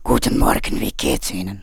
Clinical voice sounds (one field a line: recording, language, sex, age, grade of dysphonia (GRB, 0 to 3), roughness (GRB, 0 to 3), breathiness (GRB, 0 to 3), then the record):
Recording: spoken sentence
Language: German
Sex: female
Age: 60 to 69 years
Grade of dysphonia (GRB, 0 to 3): 3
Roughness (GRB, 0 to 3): 3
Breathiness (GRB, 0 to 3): 2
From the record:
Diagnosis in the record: leukoplakia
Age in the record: 67 years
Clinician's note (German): Beidseitig, Zustand nach zweimaliger Abtragung